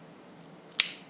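A zoom lens, aligned by its white square mark, is turned clockwise on the bayonet mount of a Canon EOS 90D camera body. The locking pin gives one sharp, bright click at 0.8 s, followed by a faint tick near the end. The lens is seated.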